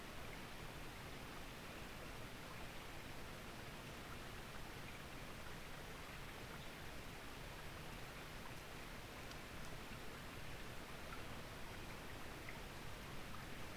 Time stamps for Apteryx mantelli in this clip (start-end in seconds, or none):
none